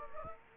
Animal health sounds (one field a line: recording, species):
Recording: mosquito wingbeat signal from an infrared sensor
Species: Aedes aegypti